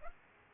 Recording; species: mosquito wingbeat signal from an infrared sensor; Aedes aegypti